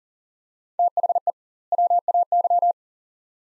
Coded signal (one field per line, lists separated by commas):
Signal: Morse code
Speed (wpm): 40 wpm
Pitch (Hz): 700 Hz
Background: none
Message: THE WAY